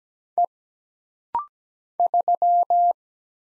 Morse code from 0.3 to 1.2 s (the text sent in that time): E